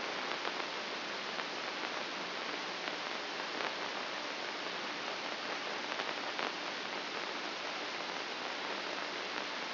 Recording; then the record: brain microelectrode recording played as sound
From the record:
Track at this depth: inside the subthalamic nucleus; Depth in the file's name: 3.631 mm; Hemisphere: left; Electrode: 2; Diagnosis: Parkinson's disease